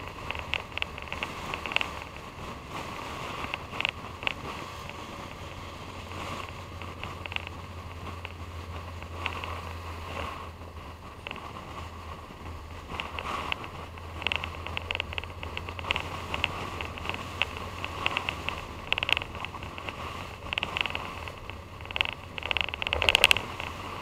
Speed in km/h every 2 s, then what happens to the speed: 58, 56, 55, 55, 53, 53, 52, 55, 56, 56, 56, 56.
10-24 steady at about 56.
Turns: none.